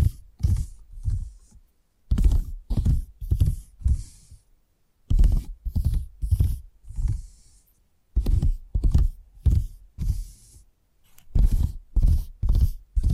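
Tapping comes in short groups of four or five firm, thudding strikes, each dull and low with a faint crisp edge on top. Brief silences split the runs roughly every three seconds, and the pace within each group stays fairly even.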